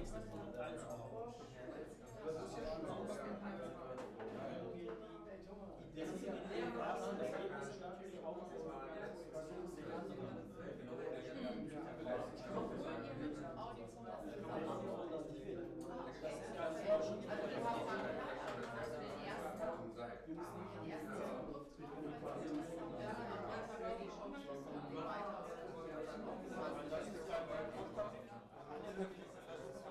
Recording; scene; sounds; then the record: everyday scene through a hearing-aid microphone; many people talking; many voices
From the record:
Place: bistro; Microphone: behind the ear, right, front